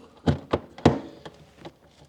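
A plastic LED light panel is pushed into its opening in the ceiling of a Whirlpool quad door refrigerator's fridge compartment, after its wire has been tucked up into the ceiling. A few soft knocks lead to a sharp plastic snap at 0.9 seconds, followed by fainter taps. The panel is seated in place.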